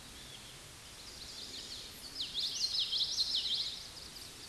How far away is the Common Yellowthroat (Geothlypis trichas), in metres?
about 20 m